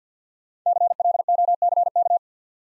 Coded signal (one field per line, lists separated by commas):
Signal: Morse code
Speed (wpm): 50 wpm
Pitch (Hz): 700 Hz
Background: none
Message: CLOCK